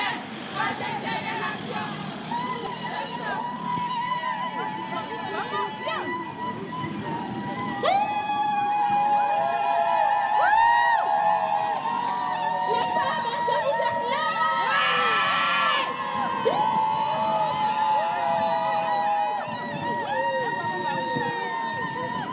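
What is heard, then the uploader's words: A crowd of women chants at a protest, many voices overlapping in a dense, continuous mass. From about eight seconds it grows louder, with high sustained cries and sliding calls rising above the chant. Scattered shouts and cheers run throughout. Solidarité Chant. Brussels. Women refugees protest. Recorded to iPhone by Joel Schalit.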